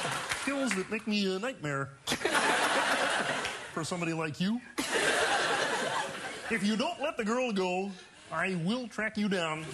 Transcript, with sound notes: Skills that make me a nightmare...
(LAUGHTER)
...For somebody like you. If you don't let the girl go, I will track you down,